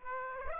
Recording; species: mosquito wingbeat signal from an infrared sensor; Aedes aegypti